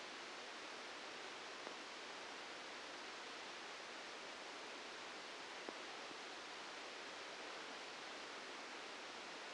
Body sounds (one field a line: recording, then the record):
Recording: brain microelectrode recording played as sound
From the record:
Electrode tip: outside the subthalamic nucleus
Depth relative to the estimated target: 2 mm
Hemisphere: left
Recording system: NeuroSet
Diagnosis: Parkinson's disease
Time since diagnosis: 8 years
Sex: male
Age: 65 years